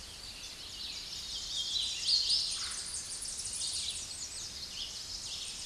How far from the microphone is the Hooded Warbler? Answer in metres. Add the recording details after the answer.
about 35 m. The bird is about 10 m above the microphone. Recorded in a Pennsylvania forest on 16 May 2024 at 08:01. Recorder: AudioMoth, point MSD-2143. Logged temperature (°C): 16.0 °C. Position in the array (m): 37 m, 182 m